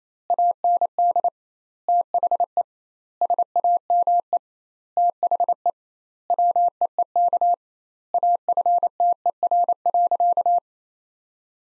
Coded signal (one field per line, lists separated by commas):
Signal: Morse code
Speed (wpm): 27 wpm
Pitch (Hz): 700 Hz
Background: none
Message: AND THE SAME THE WEEK AFTER.